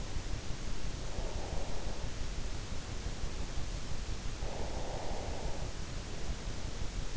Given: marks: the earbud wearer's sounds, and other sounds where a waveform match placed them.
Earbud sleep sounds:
sounds in sleep by an in-ear microphone; breath
0.77-2.36 s: breath
3.94-5.98 s: breath

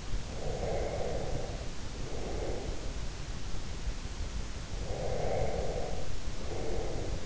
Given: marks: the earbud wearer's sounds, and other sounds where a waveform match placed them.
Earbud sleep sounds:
sounds in sleep by an in-ear microphone; breath
0.29-2.95 s: breath
4.86-7.26 s: breath

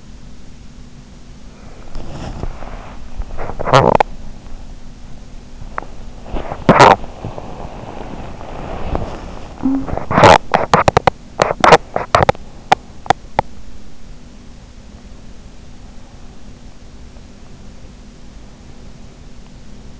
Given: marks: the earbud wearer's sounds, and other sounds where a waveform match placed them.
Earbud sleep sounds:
sounds in sleep by an in-ear microphone; body movement, teeth grinding, talking in sleep
1.74-3.40 s: body movement
3.40-4.15 s: teeth grinding
5.60-7.17 s: teeth grinding
5.60-10.08 s: body movement
9.46-10.08 s: talking in sleep
10.08-13.60 s: teeth grinding

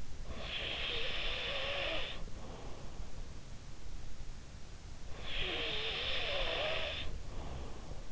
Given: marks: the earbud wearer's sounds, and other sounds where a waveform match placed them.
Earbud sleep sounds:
sounds in sleep by an in-ear microphone; snoring breath
0.21-2.99 s: snoring breath
5.12-8.12 s: snoring breath

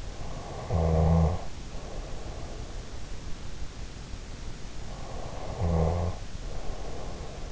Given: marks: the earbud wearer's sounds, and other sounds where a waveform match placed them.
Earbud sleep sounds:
sounds in sleep by an in-ear microphone; snoring breath
0.31-2.84 s: snoring breath
5.16-7.52 s: snoring breath

